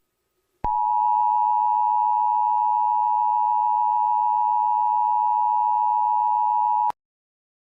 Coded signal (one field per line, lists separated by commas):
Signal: Emergency Alert System (SAME) tones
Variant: 853 and 960 Hz attention tone